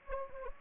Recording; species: mosquito wingbeat signal from an infrared sensor; Anopheles gambiae